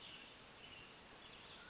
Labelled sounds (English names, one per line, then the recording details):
Mountain Quail
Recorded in Sonoma County, California